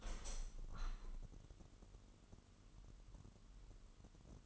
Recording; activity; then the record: daily activity, microphone in the room; open window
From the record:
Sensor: 4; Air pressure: 998.9 hPa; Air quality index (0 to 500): 130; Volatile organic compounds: 2 ppm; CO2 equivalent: 1279 ppm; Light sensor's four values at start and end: 8/20/8/9 and 8/20/8/9